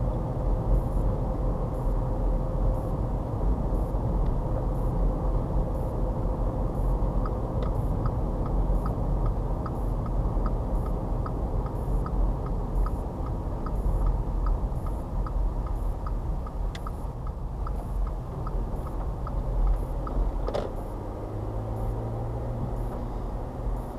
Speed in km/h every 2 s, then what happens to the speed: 44, 42, 40, 40, 40, 37, 34, 26, 19, 18, 23, 26.
0-8 steady at about 40. 8-17 slows to 18. 17-24 speeds up to 26.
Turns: 15-19.